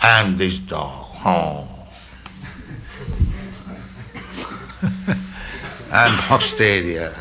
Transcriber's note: laughter